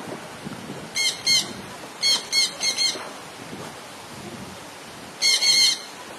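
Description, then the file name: Jandaya parakeet calls: grating shrieks in a pair, then a run of four, then a closing pair, all harsh and rasping with brief gaps between bursts. "canto da jandaia verdadeira"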